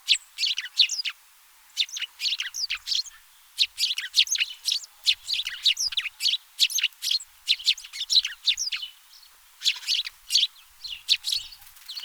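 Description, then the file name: House sparrow calls: repeated harsh chirps and tweets in rapid uneven sequences, almost continuous throughout. "Passer domesticus"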